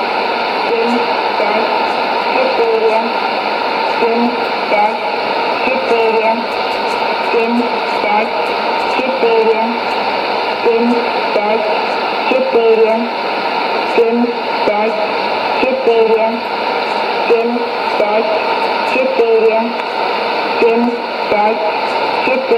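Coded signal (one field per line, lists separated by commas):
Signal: numbers station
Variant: S06s, Russian female voice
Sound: a female voice reading short, evenly spaced words, likely numbers, through noisy shortwave static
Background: radio static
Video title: 21 03 2017 Numbers station S06s Russian Lady in Russian to Eu 1100 on 6190 in CUSB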